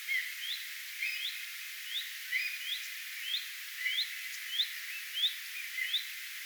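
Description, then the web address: Common redstart alarm calls: upslurred whistled notes repeated about every half second to second, with softer chirps beneath. Alarm or attention calls, recorded 3 May 2025. "paivat 3 5 2025 leppalinnun huomioaantelya"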